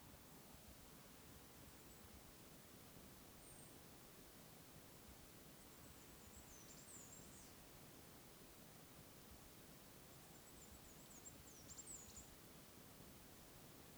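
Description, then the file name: Bird calls: a few faint, very high thin notes, then two twittering phrases with sharp downward strokes about five seconds apart, over a steady broad hiss. Wild birds calling in the wild bird forest at Oneyama. "尾根山（おねやま）野鳥の森（野鳥たちの鳴き声"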